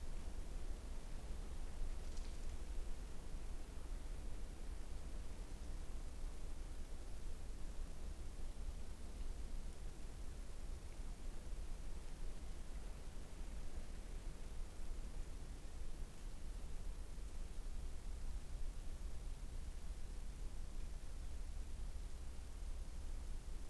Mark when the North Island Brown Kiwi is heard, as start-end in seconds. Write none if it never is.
none